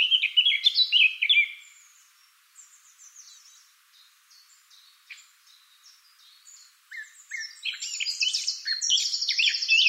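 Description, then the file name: Eurasian blackcap singing a loud burst of rich warbling, then a long stretch of soft, scattered chattering notes before another bright, jumbled warble rises at the end. "Sylvia atricapilla"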